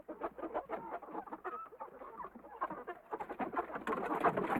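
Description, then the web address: Goose: geese honking as a flock, a dense overlapping chorus of short nasal calls running continuously throughout. "KMP Film Video Sound Effects. Gooze"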